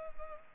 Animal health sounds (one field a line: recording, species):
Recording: mosquito wingbeat signal from an infrared sensor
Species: Culex pipiens